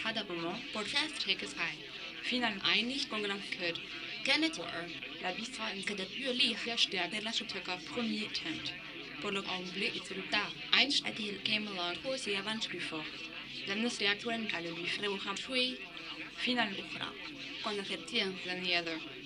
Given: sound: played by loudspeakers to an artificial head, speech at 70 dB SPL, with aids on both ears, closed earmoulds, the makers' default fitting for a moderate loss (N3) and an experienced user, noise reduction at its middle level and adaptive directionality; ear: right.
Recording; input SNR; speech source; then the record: speech test signal (ISTS) in cocktail-party noise; +9 dB; in front (0 degrees)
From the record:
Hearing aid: class 2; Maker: D